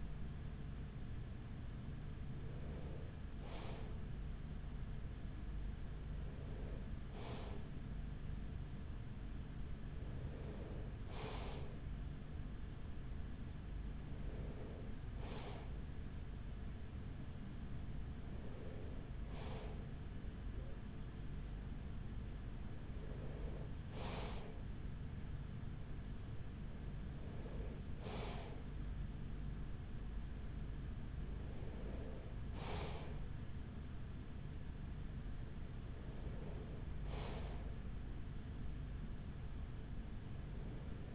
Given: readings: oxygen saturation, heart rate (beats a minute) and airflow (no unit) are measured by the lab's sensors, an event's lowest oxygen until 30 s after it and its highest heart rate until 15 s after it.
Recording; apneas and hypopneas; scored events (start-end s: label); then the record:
breathing in sleep by a smartphone at the bedside; none
12.00-41.15 s: new sleep stage, N2 (light sleep)
From the record:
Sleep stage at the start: N3 (deep sleep); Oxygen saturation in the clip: 94%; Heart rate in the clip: 42 to 45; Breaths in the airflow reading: 9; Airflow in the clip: -6.3 to 5.9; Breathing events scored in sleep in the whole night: 207 in 7.6 hours asleep